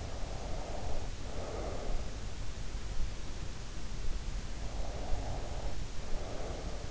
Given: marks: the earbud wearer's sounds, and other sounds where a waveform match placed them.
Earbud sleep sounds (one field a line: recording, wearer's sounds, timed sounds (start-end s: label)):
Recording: sounds in sleep by an in-ear microphone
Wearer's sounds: breath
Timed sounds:
0.09-2.23 s: breath
4.84-6.91 s: breath